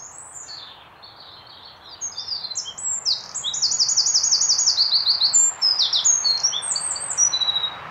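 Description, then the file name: Eurasian wren singing a rapid, high-pitched song of varied notes and fast trills, running on for several seconds. "Troglodytes troglodytes"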